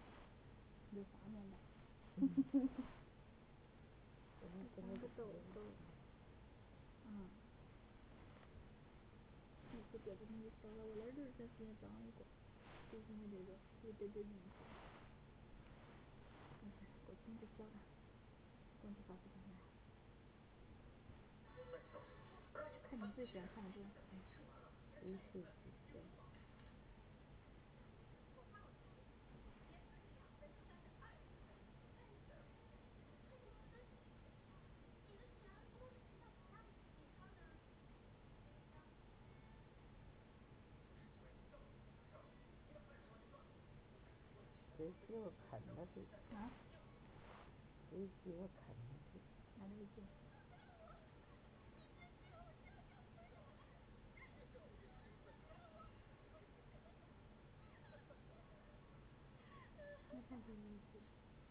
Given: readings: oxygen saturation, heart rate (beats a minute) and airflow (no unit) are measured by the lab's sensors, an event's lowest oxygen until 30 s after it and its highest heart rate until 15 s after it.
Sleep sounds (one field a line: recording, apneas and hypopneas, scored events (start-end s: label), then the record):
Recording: a person awake in a sleep study, by a voice recorder at the bedside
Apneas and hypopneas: none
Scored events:
0.00-61.51 s: awake
0.00-61.51 s: awake
From the record:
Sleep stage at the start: awake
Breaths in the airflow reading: 26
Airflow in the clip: -0.7 to 0.6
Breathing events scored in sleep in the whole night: 496 in 5.4 hours asleep